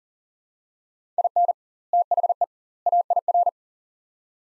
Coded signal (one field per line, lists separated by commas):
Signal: Morse code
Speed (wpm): 40 wpm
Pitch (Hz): 700 Hz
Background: none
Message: IN THE AIR